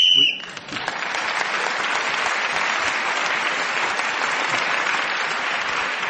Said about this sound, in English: So … was speaking as the whistle went, gained that extra point for doing so.